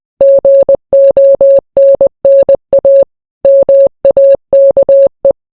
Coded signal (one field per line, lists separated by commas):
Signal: Morse code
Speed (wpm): 20 wpm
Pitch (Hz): 550 Hz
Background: none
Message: GONNA MAKE